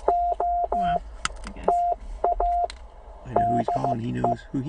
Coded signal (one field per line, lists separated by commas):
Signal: Morse code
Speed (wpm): 15 wpm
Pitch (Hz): 700 Hz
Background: speech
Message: OTA DE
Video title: Some CW copy practice from Tennessee with AA4SB today